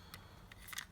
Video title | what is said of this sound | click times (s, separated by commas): Transformers Cyberverse Energon Armor Clobber! | and then that just snaps into place | 0.8 s